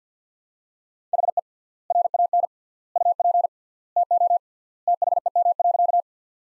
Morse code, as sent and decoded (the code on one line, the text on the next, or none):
.... . / .-. .- -. / ..- .--. / - --- / - .... . -- .-.-.-
HE RAN UP TO THEM.